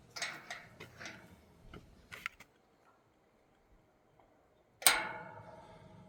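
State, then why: Seated. A mechanical center lock on a metal gate, fitted instead of a magnetic lock, is operated, with light clicks and rattles in the first couple of seconds and then a quiet stretch. A loud, sharp hit with a ringing decay comes at 4.9 s as the latch engages. The lock is in place, securing the gate against being forced open.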